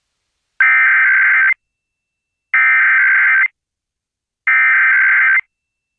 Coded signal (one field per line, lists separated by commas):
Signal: Emergency Alert System (SAME) tones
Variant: header bursts